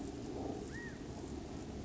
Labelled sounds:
California Quail (Callipepla californica)
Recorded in Sonoma County, California

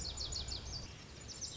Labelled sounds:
Lazuli Bunting (Passerina amoena)
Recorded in Sonoma County, California

